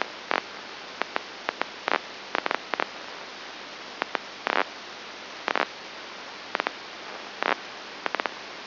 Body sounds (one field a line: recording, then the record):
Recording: brain microelectrode recording played as sound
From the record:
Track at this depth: inside the subthalamic nucleus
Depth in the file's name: 3.302 mm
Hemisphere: left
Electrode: 2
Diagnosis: Parkinson's disease